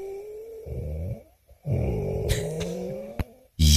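Adult sleeper snoring almost continuously, on both the outward and inward breath, with whistling.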